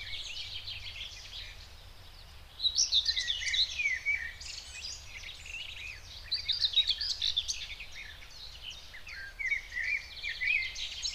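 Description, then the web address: Common whitethroat singing fast, grating warbled phrases, starting after a quiet first two seconds and returning in several bursts. Recorded in the Spreewald. "ornithologie dorngrasmuecke 2 m 08 St We Spreewald"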